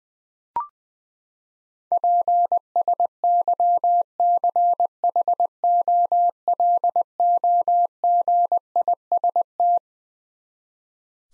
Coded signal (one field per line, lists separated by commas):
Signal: Morse code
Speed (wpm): 20 wpm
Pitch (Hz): 700 Hz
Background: none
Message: PSYCHOLOGIST